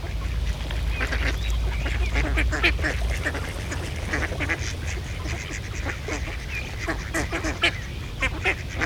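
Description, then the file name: Ducks quacking rapidly in an overlapping flock chorus, harsh nasal notes over a low rumble. Ducks in a pond. "Eenden in een vijver - Sound Cloud - Beeld en Geluid"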